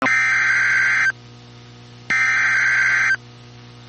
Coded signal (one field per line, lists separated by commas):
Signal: Emergency Alert System (SAME) tones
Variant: header bursts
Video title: Severe Thunderstorm Warning (Denton, Parker, Tarrant, Wise Counties, TX) (3/29/25) [EAS #98]